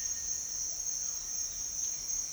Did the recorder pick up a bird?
no